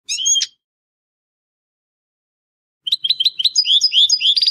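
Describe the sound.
Finch calls: a brief high chirp followed after silence by a quick series of bright chirps and whistled notes ending in a buzzy trill.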